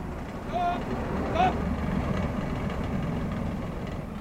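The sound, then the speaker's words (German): A truck engine rumbles steadily at a low pitch as the driver puts it in gear and the vehicle moves off, with two brief high-pitched squeaks near the start and the drone holding even throughout. “Während sie noch mit ihm herumstritten, warf ich den Gang rein und fuhr an.”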